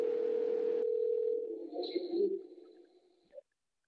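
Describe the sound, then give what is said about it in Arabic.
A mobile phone rings during a Quran recitation lesson with a steady electronic tone that holds one mid pitch for over a second, then gives way to a warbling, shifting melody that fades and ends in a short blip. “الموبايل شيخنا.”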